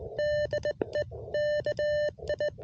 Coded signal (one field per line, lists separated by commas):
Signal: Morse code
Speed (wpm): 18 wpm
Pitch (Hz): 600 Hz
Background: none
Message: DE KI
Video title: Unboxing a new-to-me QRP rig & brand new key!